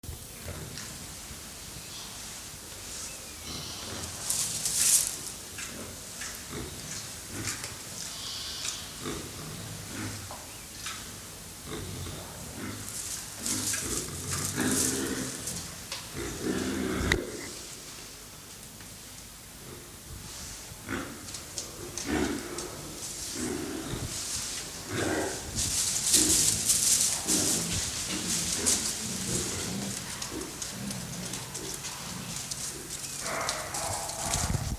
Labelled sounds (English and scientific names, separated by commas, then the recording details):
Collared Peccary (Pecari tajacu) call
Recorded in captivity
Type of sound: call
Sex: group
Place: Zoo Berlin, Berlin, DE
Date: 2003-11-13 13:13
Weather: fair, ca. 0°C
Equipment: Fair Mate ST-1328 (Asahi Electronics, Japan), Sennheiser ME 80, Kopie Uher 4000 Report Monitor
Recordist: Tembrock, Günter
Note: Halsband-Pekari (Tayassu tajacu): Gruppe: im Innenraum, mehrere Tiere gehen nach draußen: Laute